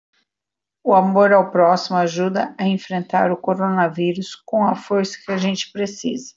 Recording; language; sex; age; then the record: spoken sentence; Brazilian Portuguese; female; 50 to 59 years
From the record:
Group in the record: control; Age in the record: 52 years